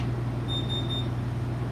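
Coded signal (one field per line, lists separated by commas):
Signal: none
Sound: an emergency beacon's beeps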